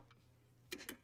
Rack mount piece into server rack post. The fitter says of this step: see I just got it clicked in it's not going anywhere even if I push on it it's not going anywhere right okay